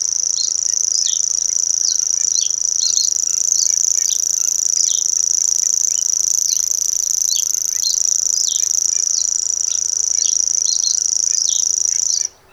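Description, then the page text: Common grasshopper warbler reeling: a sustained high trill like a ticking insect, with other birds' brief falling notes dotted through, stopping abruptly near the end. Singing bird; Bebertal, Germany. "Here is a sound recording of a singing Common Grasshopper Warbler"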